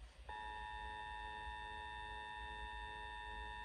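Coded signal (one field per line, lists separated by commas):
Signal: Emergency Alert System (SAME) tones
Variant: 853 and 960 Hz attention tone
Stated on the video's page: Monthly EAS test SAME tones on Monterey Bay FM station KRKC-FM.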